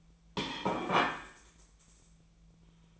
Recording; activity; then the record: daily activity, microphone in the room; place plate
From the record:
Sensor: 1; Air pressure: 1009.4 hPa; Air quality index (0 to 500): 195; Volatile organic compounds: 19 ppm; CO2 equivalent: 2673 ppm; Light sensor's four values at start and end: 29/75/31/37 and 29/74/31/37